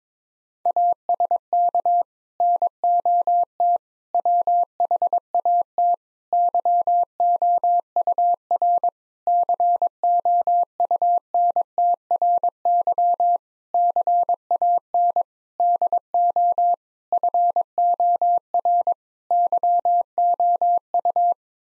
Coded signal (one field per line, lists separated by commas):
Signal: Morse code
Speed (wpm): 21 wpm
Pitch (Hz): 700 Hz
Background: none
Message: ASK NOT WHAT YOUR COUNTRY CAN DO FOR YOU